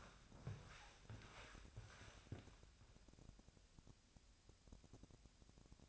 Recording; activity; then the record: daily activity, microphone in the room; walk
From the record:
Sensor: 2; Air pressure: 1000.3 hPa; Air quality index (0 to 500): 162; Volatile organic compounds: 3 ppm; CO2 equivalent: 1352 ppm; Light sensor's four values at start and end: 13/35/14/16 and 12/32/12/14